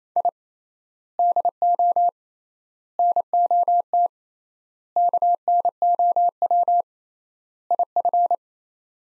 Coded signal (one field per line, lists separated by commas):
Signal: Morse code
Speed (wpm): 28 wpm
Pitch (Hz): 700 Hz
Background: none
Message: I DO NOT KNOW IF